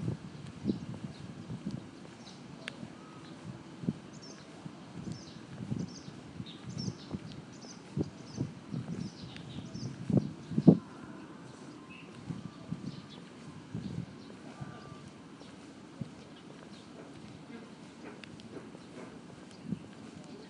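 An outdoor recording in a park, with frequent irregular knocks and thuds in the low range, like hooves clip-clopping or footsteps passing. Faint voices murmur now and then, a sharp clack stands out near ten seconds, and small birds chirp softly throughout.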